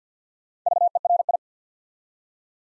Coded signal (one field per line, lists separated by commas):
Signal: Morse code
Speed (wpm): 49 wpm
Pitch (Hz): 700 Hz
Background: none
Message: VERI